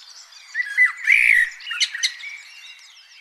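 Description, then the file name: Common blackbird calling, a short burst of harsh, chattering notes around the middle. "Turdus merula"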